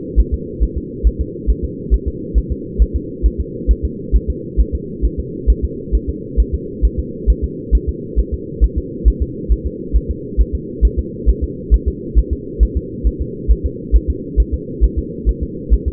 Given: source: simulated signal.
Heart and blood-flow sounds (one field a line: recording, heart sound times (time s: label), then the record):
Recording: fetal heart sounds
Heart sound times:
0.20 s: S1
0.34 s: S2
0.63 s: S1
0.78 s: S2
1.07 s: S1
1.21 s: S2
1.50 s: S1
1.64 s: S2
1.94 s: S1
2.08 s: S2
2.38 s: S1
2.52 s: S2
2.82 s: S1
2.96 s: S2
3.26 s: S1
3.41 s: S2
3.71 s: S1
3.85 s: S2
4.16 s: S1
4.30 s: S2
4.60 s: S1
4.75 s: S2
5.05 s: S1
5.20 s: S2
5.50 s: S1
5.64 s: S2
5.95 s: S1
6.09 s: S2
6.40 s: S1
6.55 s: S2
6.85 s: S1
6.99 s: S2
7.30 s: S1
7.44 s: S2
7.75 s: S1
7.89 s: S2
8.19 s: S1
8.34 s: S2
8.64 s: S1
8.78 s: S2
9.08 s: S1
9.22 s: S2
9.52 s: S1
9.66 s: S2
9.96 s: S1
10.11 s: S2
10.41 s: S1
10.55 s: S2
10.85 s: S1
10.99 s: S2
11.29 s: S1
11.44 s: S2
11.74 s: S1
11.88 s: S2
12.18 s: S1
12.33 s: S2
12.63 s: S1
12.77 s: S2
13.07 s: S1
13.21 s: S2
13.52 s: S1
13.66 s: S2
13.96 s: S1
14.10 s: S2
14.40 s: S1
14.54 s: S2
14.84 s: S1
14.99 s: S2
15.29 s: S1
15.43 s: S2
15.74 s: S1
15.88 s: S2
From the record:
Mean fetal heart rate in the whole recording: 135 bpm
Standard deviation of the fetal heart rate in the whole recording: 3 bpm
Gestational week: 34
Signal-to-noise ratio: -4.1 dB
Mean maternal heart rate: no maternal heart sound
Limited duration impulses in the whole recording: absent